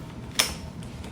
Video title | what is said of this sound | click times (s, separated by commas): Black and a decker classic steam mop with 180 degree swivel head. Unboxing and assembly only. | It snaps right on. | 0.4 s